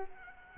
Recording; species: mosquito wingbeat signal from an infrared sensor; Culex quinquefasciatus